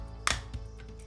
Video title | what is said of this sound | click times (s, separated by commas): Easy Way to Fix Your PS4 Controller Drift and Save Money! | give it a little wiggle and you'll hear it pop open | 0.3 s